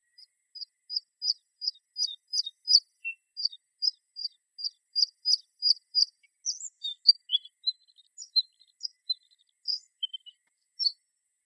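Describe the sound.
Bluethroat song starting with a long steady series of repeated high ticking notes, then shifting into a varied, chattering medley of chirps and whistles.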